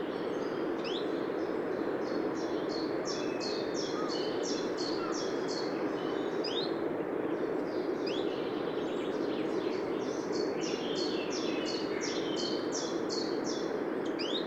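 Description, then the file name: Eurasian wren calling in fast runs of high, clipped notes, several quick bursts with brief pauses between, against a constant low roar of background noise. "Troglodytes troglodytes"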